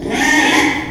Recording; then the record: squeal of a Yucatan mini pig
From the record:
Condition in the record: after surgery on the right vocal fold (resection and tissue-engineered implant); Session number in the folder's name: 3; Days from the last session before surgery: 33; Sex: male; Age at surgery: 12 weeks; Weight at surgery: 13 kg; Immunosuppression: cyclosporine, prednisolone